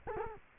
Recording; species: mosquito wingbeat signal from an infrared sensor; Culex quinquefasciatus